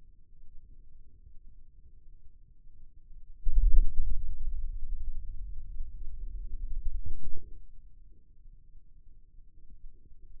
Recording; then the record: forearm muscle sounds (acoustic myography)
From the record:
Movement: radial deviation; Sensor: system 2, bracelet of six BSWA MPA416 microphones around the upper forearm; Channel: 2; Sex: male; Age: 22 years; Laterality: right